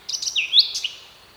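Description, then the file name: Eurasian blackcap giving one short phrase of a few quick chirps and a loud, sliding whistled note. "Sylvia atricapilla"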